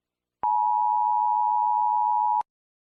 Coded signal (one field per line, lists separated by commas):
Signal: Emergency Alert System (SAME) tones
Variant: 853 and 960 Hz attention tone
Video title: The Absolute Apocalypse / Murder Drones EAS scenario en español